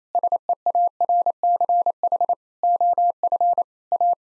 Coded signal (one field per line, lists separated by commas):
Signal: Morse code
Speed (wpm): 28 wpm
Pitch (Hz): 700 Hz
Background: none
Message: SEARCH OF A